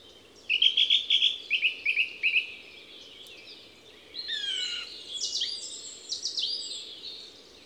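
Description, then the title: Song thrush song opens with a bright note repeated rapidly several times, then shifts to a tumbling run of sweeping whistles and scratchy notes over a soft background hiss. Les Avenières Veyrins-Thuellin, Haut-Rhône, France, 2021–22; stereo parabolic microphone (EM172 capsule) with Zoom H4n Pro. "Envirhôna, Les Avenières Veyrins-Thuellin, France - Grive musicienne"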